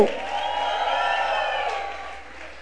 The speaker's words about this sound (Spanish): Dele un fuerte aplauso al Rey de Reyes y al Señor de Señores. Demos un grito de júbilo.